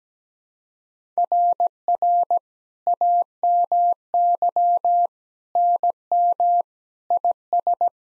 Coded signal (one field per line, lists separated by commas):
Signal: Morse code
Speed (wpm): 17 wpm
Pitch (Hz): 700 Hz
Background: none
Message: RR AMY NM IS